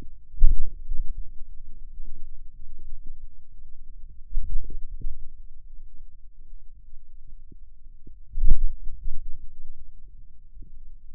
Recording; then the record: forearm muscle sounds (acoustic myography)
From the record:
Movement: wrist flexion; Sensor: system 2, bracelet of six BSWA MPA416 microphones around the upper forearm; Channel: 5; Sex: male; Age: 22 years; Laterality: right